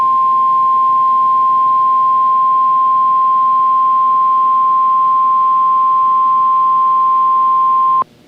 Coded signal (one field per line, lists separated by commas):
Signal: Emergency Alert System (SAME) tones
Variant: 1050 Hz attention tone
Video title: EAS - CRP Required Weekly Test on WXK26 - 11/02/2022